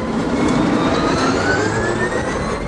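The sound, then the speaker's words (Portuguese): A Tesla Roadster electric sports car with a three-phase AC motor accelerates, its high motor whine climbing steadily in pitch over a loud, constant rush of road and wind noise, with no voices. “Ele tem um ronco próprio muito potente quando você acelera.”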